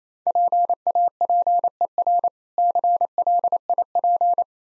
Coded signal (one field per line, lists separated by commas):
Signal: Morse code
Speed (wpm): 28 wpm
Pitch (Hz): 700 Hz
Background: none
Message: PAPER CLIP